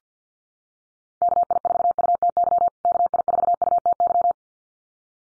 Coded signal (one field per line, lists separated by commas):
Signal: Morse code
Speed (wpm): 50 wpm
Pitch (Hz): 700 Hz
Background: none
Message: KI4UTY KI4UTY